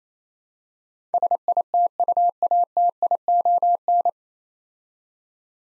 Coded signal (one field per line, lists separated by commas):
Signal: Morse code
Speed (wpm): 27 wpm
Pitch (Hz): 700 Hz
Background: none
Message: SITUATION